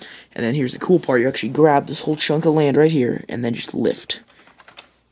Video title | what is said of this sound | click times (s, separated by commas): Lego Minecraft The Ruined Portal Review! 21172 | and you can see here a little click and the portal is activated | 4.8 s